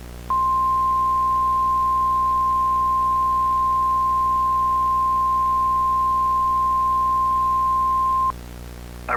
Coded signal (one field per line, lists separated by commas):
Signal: Emergency Alert System (SAME) tones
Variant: 1050 Hz attention tone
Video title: PRISM Cable EAS Test (2003)